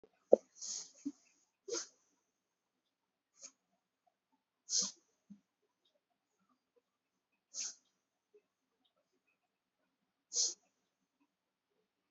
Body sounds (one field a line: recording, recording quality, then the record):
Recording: deep breathing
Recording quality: excellent, no background noise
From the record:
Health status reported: healthy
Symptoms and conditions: none ticked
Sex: male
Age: 23 years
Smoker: not ticked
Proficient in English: yes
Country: India